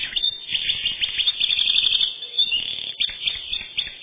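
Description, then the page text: Eurasian wren song: continuous rapid, high chirping and trilling throughout, with no pauses. "Крапивник, или подкоренник, орешек (лат. Troglodytes troglodytes)"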